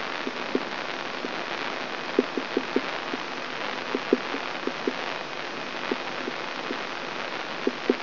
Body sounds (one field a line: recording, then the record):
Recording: brain microelectrode recording played as sound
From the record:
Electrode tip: inside the subthalamic nucleus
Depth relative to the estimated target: 3 mm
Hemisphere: right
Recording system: AlphaMap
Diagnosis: Parkinson's disease